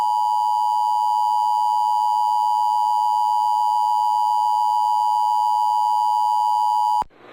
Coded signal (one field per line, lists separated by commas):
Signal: Emergency Alert System (SAME) tones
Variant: 853 and 960 Hz attention tone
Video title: EAS- KOGO-AM SVR (8/25/25)